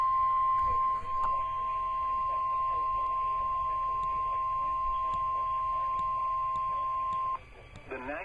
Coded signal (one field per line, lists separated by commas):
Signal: Emergency Alert System (SAME) tones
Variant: 1050 Hz attention tone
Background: speech